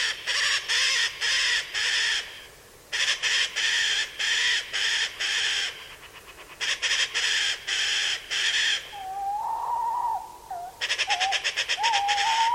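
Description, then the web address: Bird giving harsh, nasal calls in rapid runs of short bursts, the runs broken by brief pauses, with a softer wavering whistled note late. "Deverinetal 2025 File origin Bird Only"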